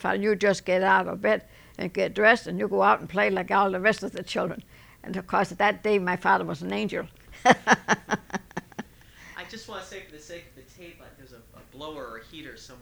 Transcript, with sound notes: "You just get out of bed and get dressed and you go out and play like all the rest of the children." And, of course, that day my father was an angel. ( she laughs )
I just want to say for the sake of the tape there's a blower or a heater somewhere.